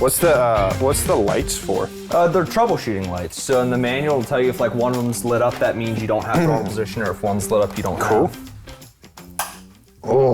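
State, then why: Seated. Over background music, people talk while a plastic wiring harness connector is pushed into the engine control unit of a 6.0 LS engine swapped into a 240SX. A few faint taps lead up to a sharp click at 9.4 s as the connector seats, and it is hooked up.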